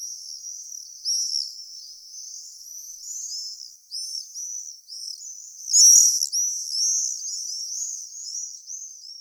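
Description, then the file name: Common swift flight calls: shrill, buzzy screams high in pitch, overlapping in bursts, with a louder cluster of screams near the six-second mark. Flight calls, recorded for a citizen-science survey. "Mauersegler Flugrufe"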